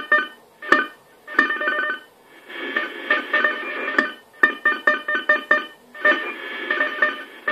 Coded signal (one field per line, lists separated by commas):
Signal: unidentified radio signal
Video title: AMIS Signal der Energie AG Oberösterreich im Langwellenbereich 2014 03 15 14 49 18